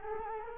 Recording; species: mosquito wingbeat signal from an infrared sensor; Culex quinquefasciatus